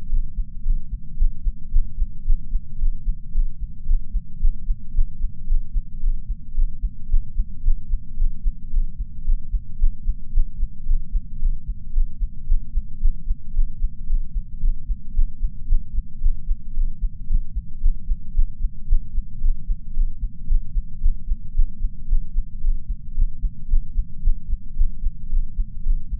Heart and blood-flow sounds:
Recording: heart sounds by patch sensor on the chest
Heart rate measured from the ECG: 112 bpm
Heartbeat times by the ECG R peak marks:
0.08 s: heartbeat
0.62 s: heartbeat
1.16 s: heartbeat
1.70 s: heartbeat
2.23 s: heartbeat
2.77 s: heartbeat
3.31 s: heartbeat
3.85 s: heartbeat
4.38 s: heartbeat
4.92 s: heartbeat
5.46 s: heartbeat
5.99 s: heartbeat
6.53 s: heartbeat
7.07 s: heartbeat
7.62 s: heartbeat
8.15 s: heartbeat
8.69 s: heartbeat
9.23 s: heartbeat
9.77 s: heartbeat
10.31 s: heartbeat
10.84 s: heartbeat
11.38 s: heartbeat
11.91 s: heartbeat
12.45 s: heartbeat
12.99 s: heartbeat
13.52 s: heartbeat
14.06 s: heartbeat
14.59 s: heartbeat
15.12 s: heartbeat
15.66 s: heartbeat
16.19 s: heartbeat
16.73 s: heartbeat
17.26 s: heartbeat
17.79 s: heartbeat
18.32 s: heartbeat
18.86 s: heartbeat
19.39 s: heartbeat
19.92 s: heartbeat
20.46 s: heartbeat
20.99 s: heartbeat
21.53 s: heartbeat
22.06 s: heartbeat
22.60 s: heartbeat
23.13 s: heartbeat
23.67 s: heartbeat
24.21 s: heartbeat
24.75 s: heartbeat
25.28 s: heartbeat
25.82 s: heartbeat
From the record:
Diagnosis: coronary artery disease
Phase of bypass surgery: postoperative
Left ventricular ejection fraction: 34.9%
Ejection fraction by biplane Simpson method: 32.7%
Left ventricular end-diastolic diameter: 59 mm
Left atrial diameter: 36 mm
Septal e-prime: 3 cm/s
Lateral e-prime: 7 cm/s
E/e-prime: 12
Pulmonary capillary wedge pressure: 12 mmHg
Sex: male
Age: 49 years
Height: 175 cm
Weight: 80 kg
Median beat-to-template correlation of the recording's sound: 0.90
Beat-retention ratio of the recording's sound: 0.99

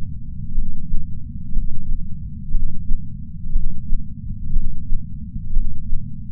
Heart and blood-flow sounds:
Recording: heart sounds by patch sensor on the chest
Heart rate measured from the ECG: 60 bpm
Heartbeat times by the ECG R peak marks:
0.55 s: heartbeat
1.53 s: heartbeat
2.51 s: heartbeat
3.52 s: heartbeat
4.53 s: heartbeat
5.53 s: heartbeat
From the record:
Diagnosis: coronary artery disease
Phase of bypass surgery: preoperative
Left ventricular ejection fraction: 62.4%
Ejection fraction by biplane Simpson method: 59%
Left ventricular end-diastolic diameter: 53 mm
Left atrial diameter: 40 mm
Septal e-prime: 7.2 cm/s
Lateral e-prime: 9.5 cm/s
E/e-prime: 9.1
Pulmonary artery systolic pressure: 23 mmHg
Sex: male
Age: 60 years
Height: 180 cm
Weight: 100 kg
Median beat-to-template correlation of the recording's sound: 0.92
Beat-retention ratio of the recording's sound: 0.96

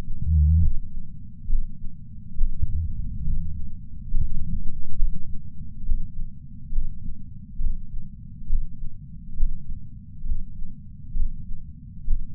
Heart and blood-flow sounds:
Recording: heart sounds by patch sensor on the chest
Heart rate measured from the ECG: 68 bpm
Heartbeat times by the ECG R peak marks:
0.63 s: heartbeat
1.50 s: heartbeat
2.39 s: heartbeat
3.26 s: heartbeat
4.12 s: heartbeat
5.00 s: heartbeat
5.86 s: heartbeat
6.73 s: heartbeat
7.61 s: heartbeat
8.51 s: heartbeat
9.38 s: heartbeat
10.27 s: heartbeat
11.17 s: heartbeat
12.08 s: heartbeat
From the record:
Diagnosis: coronary artery disease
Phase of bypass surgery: preoperative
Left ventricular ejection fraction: 69.1%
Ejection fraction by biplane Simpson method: 68.2%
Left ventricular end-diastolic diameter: 44 mm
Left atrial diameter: 36 mm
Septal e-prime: 8.3 cm/s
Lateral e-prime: 8.5 cm/s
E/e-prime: 10.7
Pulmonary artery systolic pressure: 35 mmHg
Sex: male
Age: 76 years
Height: 165 cm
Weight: 79 kg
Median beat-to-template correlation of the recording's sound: 0.89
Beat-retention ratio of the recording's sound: 0.98

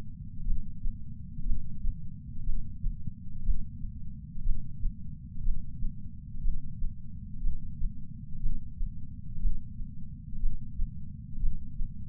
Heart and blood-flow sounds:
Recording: heart sounds by patch sensor on the chest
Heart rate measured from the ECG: 60 bpm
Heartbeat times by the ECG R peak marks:
0.46 s: heartbeat
1.45 s: heartbeat
2.45 s: heartbeat
3.44 s: heartbeat
4.44 s: heartbeat
5.44 s: heartbeat
6.43 s: heartbeat
7.42 s: heartbeat
8.41 s: heartbeat
9.41 s: heartbeat
10.41 s: heartbeat
11.41 s: heartbeat
From the record:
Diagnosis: coronary artery disease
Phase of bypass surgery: intraoperative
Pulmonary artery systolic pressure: 38 mmHg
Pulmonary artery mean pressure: 23 mmHg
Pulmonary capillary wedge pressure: 11 mmHg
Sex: male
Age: 74 years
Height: 175 cm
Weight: 66 kg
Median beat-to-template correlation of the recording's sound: 0.93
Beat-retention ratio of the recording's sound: 0.98

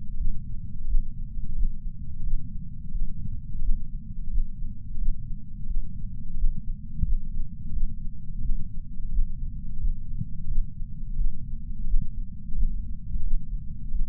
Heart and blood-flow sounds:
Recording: heart sounds by patch sensor on the chest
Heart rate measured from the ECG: 87 bpm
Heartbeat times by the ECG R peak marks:
0.17 s: heartbeat
0.88 s: heartbeat
1.55 s: heartbeat
2.23 s: heartbeat
2.91 s: heartbeat
3.62 s: heartbeat
4.30 s: heartbeat
4.98 s: heartbeat
5.66 s: heartbeat
6.37 s: heartbeat
7.05 s: heartbeat
7.73 s: heartbeat
8.41 s: heartbeat
9.11 s: heartbeat
9.80 s: heartbeat
10.48 s: heartbeat
11.16 s: heartbeat
11.87 s: heartbeat
12.55 s: heartbeat
13.23 s: heartbeat
13.91 s: heartbeat
From the record:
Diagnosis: coronary artery disease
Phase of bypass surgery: postoperative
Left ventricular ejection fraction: 66.5%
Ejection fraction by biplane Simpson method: 64.8%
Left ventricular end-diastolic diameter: 39 mm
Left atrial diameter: 31 mm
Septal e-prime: 4.5 cm/s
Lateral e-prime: 6.6 cm/s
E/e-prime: 22.7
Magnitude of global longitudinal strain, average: 16.9%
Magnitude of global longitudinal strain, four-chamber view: 19.4%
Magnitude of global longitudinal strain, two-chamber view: 15.7%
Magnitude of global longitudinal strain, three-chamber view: 15.8%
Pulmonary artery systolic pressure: 26 mmHg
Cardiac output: 4.24 L/min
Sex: female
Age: 80 years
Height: 150 cm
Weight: 49 kg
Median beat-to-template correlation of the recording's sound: 0.73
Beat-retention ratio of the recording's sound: 1.00

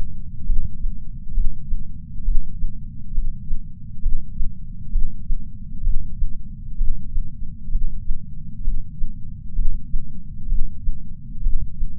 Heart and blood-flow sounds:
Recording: heart sounds by patch sensor on the chest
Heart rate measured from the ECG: 66 bpm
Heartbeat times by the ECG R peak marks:
0.48 s: heartbeat
1.35 s: heartbeat
2.26 s: heartbeat
3.16 s: heartbeat
4.04 s: heartbeat
4.93 s: heartbeat
5.85 s: heartbeat
6.79 s: heartbeat
7.73 s: heartbeat
8.65 s: heartbeat
9.57 s: heartbeat
10.50 s: heartbeat
11.44 s: heartbeat
From the record:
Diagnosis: coronary artery disease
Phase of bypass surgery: preoperative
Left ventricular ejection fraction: 62.1%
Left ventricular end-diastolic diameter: 45 mm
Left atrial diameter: 40 mm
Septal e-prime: 8 cm/s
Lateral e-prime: 10 cm/s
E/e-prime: 5.6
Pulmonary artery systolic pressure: 22 mmHg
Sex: male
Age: 60 years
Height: 170 cm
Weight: 67 kg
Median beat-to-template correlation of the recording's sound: 0.93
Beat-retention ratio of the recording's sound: 1.00

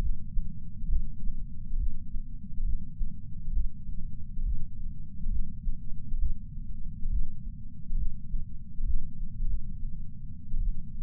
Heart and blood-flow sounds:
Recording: heart sounds by patch sensor on the chest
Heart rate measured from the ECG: 68 bpm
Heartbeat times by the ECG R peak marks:
0.87 s: heartbeat
1.76 s: heartbeat
2.63 s: heartbeat
3.52 s: heartbeat
4.42 s: heartbeat
5.29 s: heartbeat
6.17 s: heartbeat
7.09 s: heartbeat
7.96 s: heartbeat
8.84 s: heartbeat
9.46 s: heartbeat
10.57 s: heartbeat
From the record:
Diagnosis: coronary artery disease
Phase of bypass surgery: postoperative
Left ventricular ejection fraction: 68.2%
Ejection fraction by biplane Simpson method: 62.7%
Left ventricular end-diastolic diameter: 48 mm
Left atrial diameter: 40 mm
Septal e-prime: 8.6 cm/s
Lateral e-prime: 10.2 cm/s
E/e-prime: 10.9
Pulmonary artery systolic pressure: 38 mmHg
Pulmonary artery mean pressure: 18 mmHg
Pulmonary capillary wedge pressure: 11 mmHg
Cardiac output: 6.45 L/min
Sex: male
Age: 57 years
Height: 175 cm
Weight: 80 kg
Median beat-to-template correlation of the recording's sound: 0.76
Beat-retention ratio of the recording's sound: 0.99

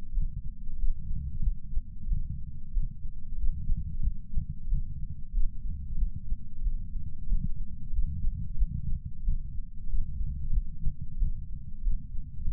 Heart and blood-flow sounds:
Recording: heart sounds by patch sensor on the chest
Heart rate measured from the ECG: 92 bpm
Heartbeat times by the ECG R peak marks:
0.12 s: heartbeat
0.76 s: heartbeat
1.40 s: heartbeat
2.06 s: heartbeat
2.71 s: heartbeat
3.36 s: heartbeat
4.00 s: heartbeat
4.67 s: heartbeat
5.32 s: heartbeat
5.95 s: heartbeat
6.61 s: heartbeat
7.26 s: heartbeat
7.91 s: heartbeat
8.55 s: heartbeat
9.22 s: heartbeat
9.87 s: heartbeat
10.50 s: heartbeat
11.16 s: heartbeat
11.81 s: heartbeat
12.45 s: heartbeat
From the record:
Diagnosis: coronary artery disease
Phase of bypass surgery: postoperative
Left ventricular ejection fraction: 63.7%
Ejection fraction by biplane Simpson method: 59.4%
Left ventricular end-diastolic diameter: 49 mm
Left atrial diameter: 35 mm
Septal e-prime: 7.3 cm/s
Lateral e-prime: 9.8 cm/s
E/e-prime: 7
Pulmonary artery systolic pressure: 20 mmHg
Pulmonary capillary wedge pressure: 4 mmHg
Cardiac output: 5.4 L/min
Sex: male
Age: 69 years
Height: 174 cm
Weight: 79 kg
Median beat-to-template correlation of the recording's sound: 0.69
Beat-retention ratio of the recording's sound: 1.00

